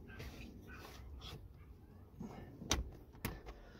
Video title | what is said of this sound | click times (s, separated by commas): how to replace the pollen filter on Astra J mk6 | push it up you'll actually have it click once it clicks in place you know that | 2.7 s, 3.3 s